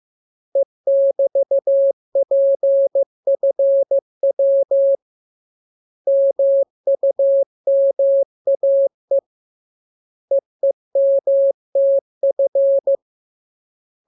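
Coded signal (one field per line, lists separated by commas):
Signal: Morse code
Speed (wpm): 15 wpm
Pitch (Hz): 550 Hz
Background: none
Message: E<BT>PFW MUMAE EEMTF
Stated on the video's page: Morse lesson 17 radiogram practice, preceded by VVV and section sign, ending with AR.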